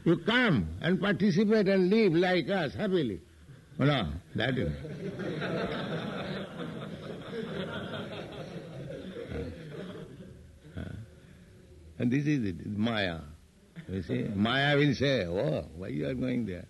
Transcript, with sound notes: You come and participate and live like us, happily. "No." That he will not. [laughter] And this is the māyā. You see? Māyā will say, "Oh, why you are going there?